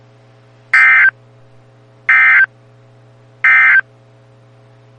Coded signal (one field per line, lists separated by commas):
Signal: Emergency Alert System (SAME) tones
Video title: Severe Thunderstorm Warnings (EAS #579-585)